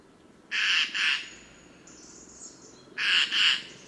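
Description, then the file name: Eurasian jay with two harsh double screeches about two and a half seconds apart, thin high bird calls audible in the gap. "Garrulus glandarius"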